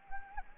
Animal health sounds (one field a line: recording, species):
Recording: mosquito wingbeat signal from an infrared sensor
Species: Anopheles gambiae